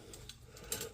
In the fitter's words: and push in the little button and it goes back in it locks in place yeah